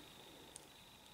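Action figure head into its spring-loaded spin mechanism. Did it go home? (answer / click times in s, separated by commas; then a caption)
no / none. The head of a plastic Yoda action figure is pushed down into its spring-loaded spin mechanism and held, with a brief faint tick around 0.6 s over a steady low hiss. Nothing has seated or clicked into place yet.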